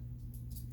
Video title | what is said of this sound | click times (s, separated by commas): How to Thread a Sewing Machine | should just snap right into place if you hear the snap you're doing it right okay now | 0.3 s, 0.5 s